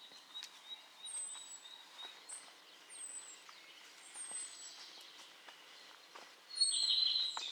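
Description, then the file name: European robin song: faint, very high, thin descending whistles spaced a second or so apart, then a louder warbled phrase near the end. "Erithacus rubecula"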